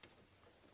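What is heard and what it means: A fuel line quick-connect clip is being handled as it is fitted onto the fuel pump assembly of a 1992–2000 Honda Civic. A brief sharp tick comes at about 0.0 s, followed by faint low-level handling noise. Nothing has seated or clicked home yet.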